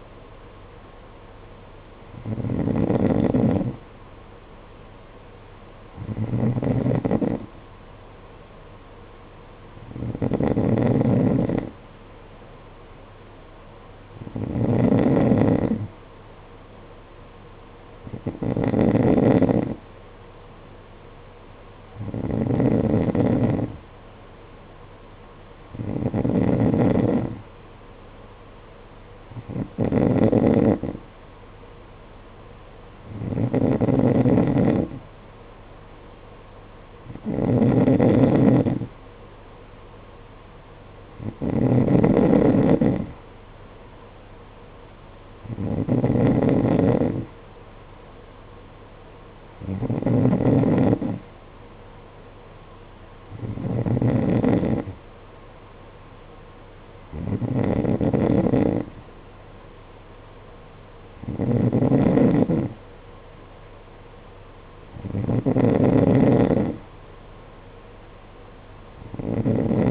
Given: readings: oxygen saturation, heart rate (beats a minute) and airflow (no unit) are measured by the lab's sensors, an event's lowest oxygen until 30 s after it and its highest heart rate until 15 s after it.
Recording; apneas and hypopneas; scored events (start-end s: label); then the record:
breathing in sleep by a voice recorder at the bedside; none
none scored
From the record:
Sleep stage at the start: N2 (light sleep); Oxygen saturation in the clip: 91 to 92%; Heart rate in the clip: 52 to 57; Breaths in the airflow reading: 17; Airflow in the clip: -7.2 to 6.2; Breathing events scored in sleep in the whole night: 476 in 9.7 hours asleep